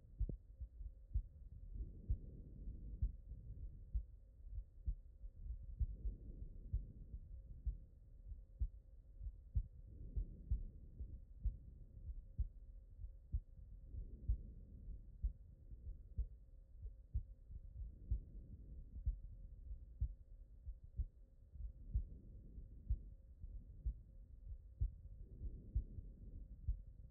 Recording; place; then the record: heart sounds by stethoscope; pulmonary valve (PV)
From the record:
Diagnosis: non-HFrEF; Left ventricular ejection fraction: 61%